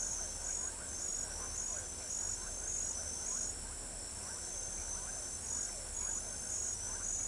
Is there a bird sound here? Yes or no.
no